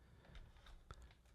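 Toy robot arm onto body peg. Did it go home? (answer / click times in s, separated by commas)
no / none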